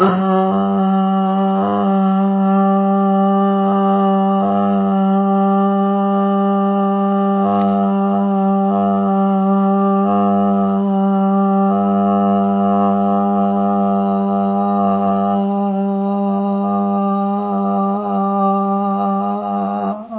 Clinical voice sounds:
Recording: sustained vowel /a/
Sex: female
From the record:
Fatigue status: fatigue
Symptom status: symptomatic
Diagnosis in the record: COVID-19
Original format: 3gp

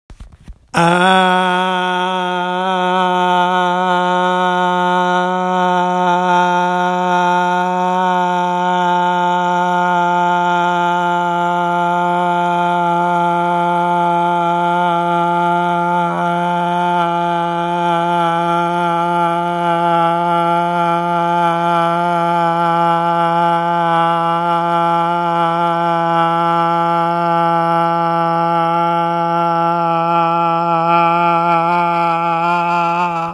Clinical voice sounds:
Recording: sustained vowel /a/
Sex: male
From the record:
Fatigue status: no fatigue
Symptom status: asymptomatic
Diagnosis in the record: COVID-19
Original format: m4a

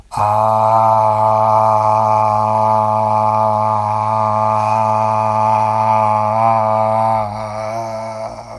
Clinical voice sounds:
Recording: sustained vowel /a/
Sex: male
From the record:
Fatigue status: no fatigue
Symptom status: symptomatic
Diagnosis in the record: COVID-19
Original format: m4a

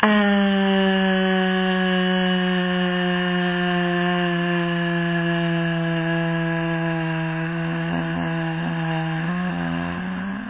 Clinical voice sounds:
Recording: sustained vowel /a/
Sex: female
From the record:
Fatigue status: fatigue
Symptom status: symptomatic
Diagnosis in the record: COVID-19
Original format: 3gp

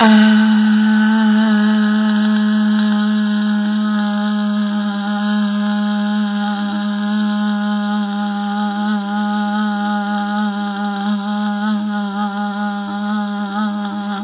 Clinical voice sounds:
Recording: sustained vowel /a/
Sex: female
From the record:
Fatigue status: no fatigue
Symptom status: symptomatic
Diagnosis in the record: COVID-19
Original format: 3gp

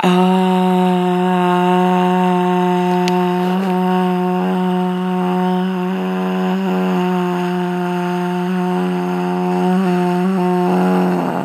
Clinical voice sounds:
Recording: sustained vowel /a/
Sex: female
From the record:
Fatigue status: no fatigue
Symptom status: symptomatic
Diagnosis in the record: COVID-19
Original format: m4a

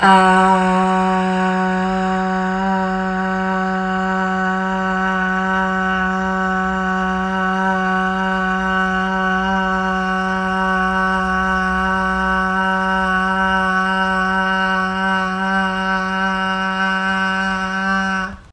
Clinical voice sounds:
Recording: sustained vowel /a/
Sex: female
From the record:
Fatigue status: no fatigue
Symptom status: symptomatic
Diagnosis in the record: COVID-19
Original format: m4a

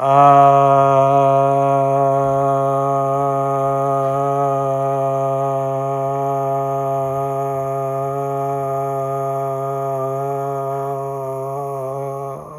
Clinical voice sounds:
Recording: sustained vowel /a/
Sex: male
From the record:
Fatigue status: no fatigue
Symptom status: asymptomatic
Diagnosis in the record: COVID-19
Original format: m4a

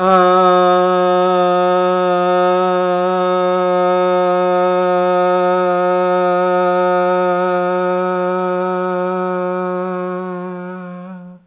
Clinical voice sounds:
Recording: sustained vowel /a/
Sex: male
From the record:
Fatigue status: no fatigue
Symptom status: asymptomatic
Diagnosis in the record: COVID-19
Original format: 3gp

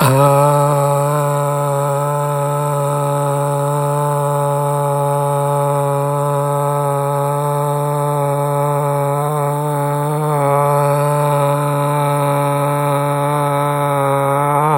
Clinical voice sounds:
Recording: sustained vowel /a/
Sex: male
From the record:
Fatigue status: no fatigue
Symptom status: symptomatic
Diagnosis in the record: COVID-19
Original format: m4a

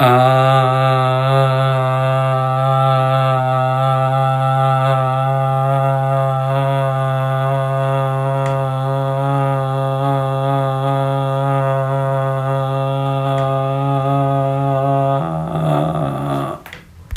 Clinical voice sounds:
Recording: sustained vowel /a/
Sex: male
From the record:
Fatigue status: no fatigue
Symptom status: asymptomatic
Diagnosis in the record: COVID-19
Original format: m4a

